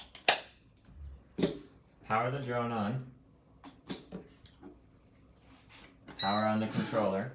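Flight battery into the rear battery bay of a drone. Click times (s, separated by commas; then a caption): 0.3 s. A charged flight battery is pushed into the rear battery bay of a small Altair Falcon AHP drone and latches with a sharp, loud click at 0.3 s, followed by a few softer knocks. Someone then talks, and the battery is seated.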